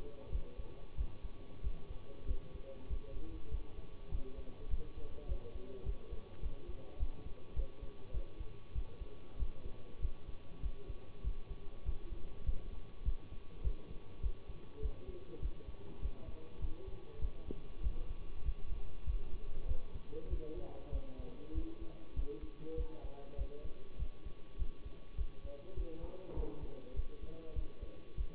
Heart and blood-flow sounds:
heart sounds by stethoscope; between the tricuspid and mitral areas; 99 bpm
0.30 s: heartbeat
0.95 s: heartbeat
1.61 s: heartbeat
2.25 s: heartbeat
2.88 s: heartbeat
3.49 s: heartbeat
4.09 s: heartbeat
4.68 s: heartbeat
5.26 s: heartbeat
5.83 s: heartbeat
6.40 s: heartbeat
6.97 s: heartbeat
7.54 s: heartbeat
8.11 s: heartbeat
8.73 s: heartbeat
9.37 s: heartbeat
10.00 s: heartbeat
10.60 s: heartbeat
11.22 s: heartbeat
11.84 s: heartbeat
12.44 s: heartbeat
13.03 s: heartbeat
13.62 s: heartbeat
14.21 s: heartbeat
14.80 s: heartbeat
15.40 s: heartbeat
16.00 s: heartbeat
16.59 s: heartbeat
17.19 s: heartbeat
17.81 s: heartbeat
18.43 s: heartbeat
19.04 s: heartbeat
19.66 s: heartbeat
20.28 s: heartbeat
20.90 s: heartbeat
21.52 s: heartbeat
22.14 s: heartbeat
22.75 s: heartbeat
23.36 s: heartbeat
23.97 s: heartbeat
24.57 s: heartbeat
25.15 s: heartbeat
25.74 s: heartbeat
26.34 s: heartbeat
26.94 s: heartbeat
27.53 s: heartbeat
28.15 s: heartbeat
From the record:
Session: bicycle stress test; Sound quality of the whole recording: good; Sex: male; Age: 24 years

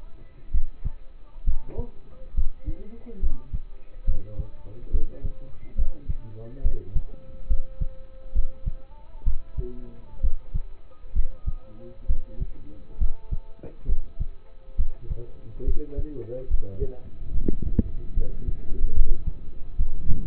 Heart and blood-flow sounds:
heart sounds by stethoscope; between the tricuspid and mitral areas; 69 bpm
0.52 s: heartbeat
1.45 s: heartbeat
2.35 s: heartbeat
3.20 s: heartbeat
4.05 s: heartbeat
4.91 s: heartbeat
5.76 s: heartbeat
6.62 s: heartbeat
7.47 s: heartbeat
8.33 s: heartbeat
9.24 s: heartbeat
10.21 s: heartbeat
11.13 s: heartbeat
12.07 s: heartbeat
12.98 s: heartbeat
13.86 s: heartbeat
14.76 s: heartbeat
15.64 s: heartbeat
16.48 s: heartbeat
17.32 s: heartbeat
18.14 s: heartbeat
18.93 s: heartbeat
19.77 s: heartbeat
From the record:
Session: rest, lying down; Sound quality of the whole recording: partially saturated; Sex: male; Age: 27 years

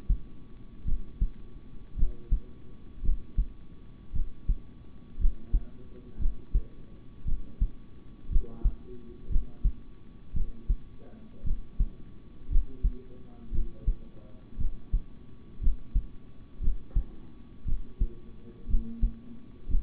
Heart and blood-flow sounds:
heart sounds by stethoscope; between the tricuspid and mitral areas; 57 bpm
0.85 s: heartbeat
1.96 s: heartbeat
3.02 s: heartbeat
4.12 s: heartbeat
5.18 s: heartbeat
6.18 s: heartbeat
7.25 s: heartbeat
8.29 s: heartbeat
9.29 s: heartbeat
10.33 s: heartbeat
11.43 s: heartbeat
12.49 s: heartbeat
13.51 s: heartbeat
14.57 s: heartbeat
15.60 s: heartbeat
16.60 s: heartbeat
17.65 s: heartbeat
18.67 s: heartbeat
19.67 s: heartbeat
From the record:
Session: rest, sitting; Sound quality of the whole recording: good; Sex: male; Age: 26 years

